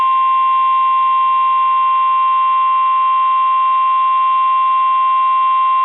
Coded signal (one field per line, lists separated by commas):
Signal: Emergency Alert System (SAME) tones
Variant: 1050 Hz attention tone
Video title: EAS | Los Angeles FRW relayed over KWO37